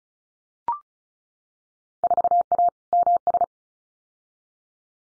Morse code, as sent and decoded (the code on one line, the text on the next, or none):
....- .- / -- ...
4A MS